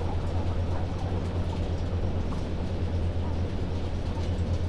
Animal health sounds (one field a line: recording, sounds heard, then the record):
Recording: poultry house recording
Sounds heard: healthy chickens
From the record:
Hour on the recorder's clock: 1